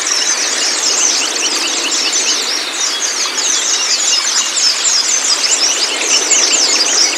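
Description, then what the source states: White-eye in a dense chorus of high, rapid twittering and chattering notes, many birds overlapping continuously throughout with no pauses. Cage-bird training audio played to pleci so they open their beaks and start singing.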